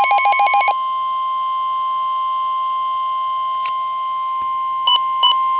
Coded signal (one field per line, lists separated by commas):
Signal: Emergency Alert System (SAME) tones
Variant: 1050 Hz attention tone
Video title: Tornado Warning [EAS #38] (7/11/2011)